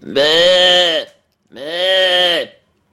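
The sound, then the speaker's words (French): A person imitates a sheep (ewe) as a playful voice-timbre exercise, with two loud, drawn-out bleats, each about a second long with a wavering, nasal tone, separated by a short pause. “Deuxième manière, plus ludique, on imite des animaux. On imite la brebis.”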